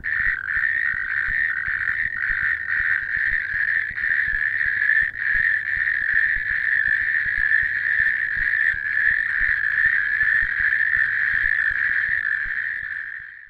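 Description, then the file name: Natterjack toad calling, a loud continuous rattling trill throughout. "Epidalea calamita"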